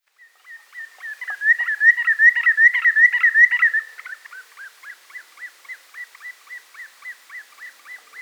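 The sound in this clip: Greater yellowlegs calling, a loud burst of fast whistled notes that then slows into softer, evenly spaced downslurred whistles, roughly two to three per second.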